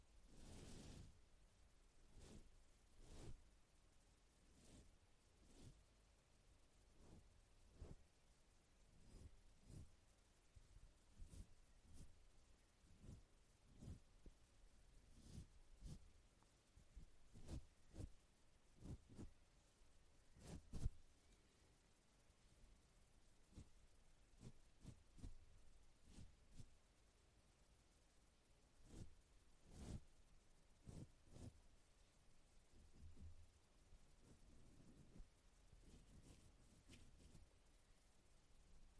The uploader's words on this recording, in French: ASMR - 30 minutes de brushing. Brushing sur le micro (avec et sans bonnette).